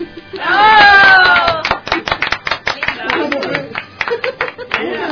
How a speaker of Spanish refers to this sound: Cuenta 3. 1, 2, 3. Llegó. ¡No! un aplauso.